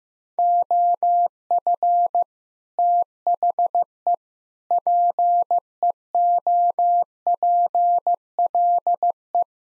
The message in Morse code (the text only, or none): OF THE PEOPLE